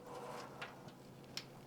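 A modular power supply cable connector is pushed into its socket on the power supply, with a softer knock at 0.6 s before a sharp click at 1.4 s. The connector is seated.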